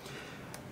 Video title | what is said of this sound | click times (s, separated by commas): Introduction to the Compound Microscope | by rotating the turret around you can hear it click into place | 0.5 s